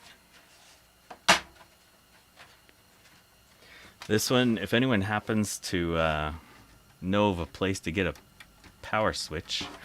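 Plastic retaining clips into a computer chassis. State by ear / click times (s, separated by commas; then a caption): seated / 1.1 s, 2.7 s. Plastic retaining clips are pressed into a vintage Macintosh II/IIx desktop computer chassis during reassembly, giving short clicks at 1.1 s and 2.7 s as the clips snap into place and seat. Someone then talks.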